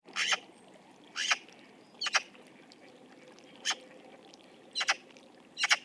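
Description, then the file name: Eurasian magpie calling in coarse, scratchy bursts, six quick rattling notes at irregular intervals against low steady background noise. "Pica pica"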